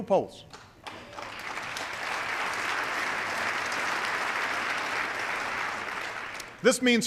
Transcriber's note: applause